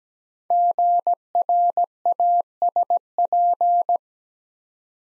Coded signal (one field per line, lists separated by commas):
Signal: Morse code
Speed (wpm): 17 wpm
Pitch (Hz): 700 Hz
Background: none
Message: GRASP